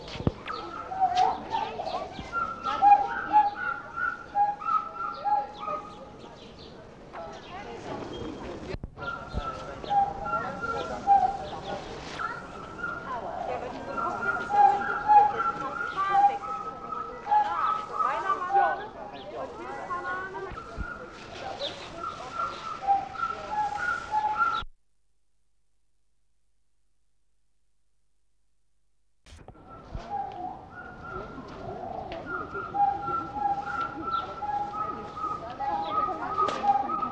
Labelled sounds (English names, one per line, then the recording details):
Pileated Gibbon
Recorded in captivity
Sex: pair
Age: adult
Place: Zoo Berlin, Berlin, DE
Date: 1987-08-13 11:00
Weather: bedeckt
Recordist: Tembrock, Günter